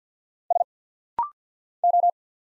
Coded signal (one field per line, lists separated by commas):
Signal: Morse code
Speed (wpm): 50 wpm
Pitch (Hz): 700 Hz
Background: none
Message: S O